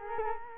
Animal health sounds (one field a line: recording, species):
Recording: mosquito wingbeat signal from an infrared sensor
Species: Culex quinquefasciatus